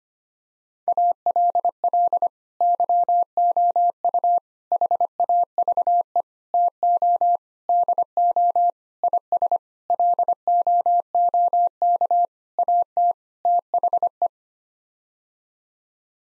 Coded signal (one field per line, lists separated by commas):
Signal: Morse code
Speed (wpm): 25 wpm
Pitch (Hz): 700 Hz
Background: none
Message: ALL YOU HAVE TO DO IS LOOK AT THE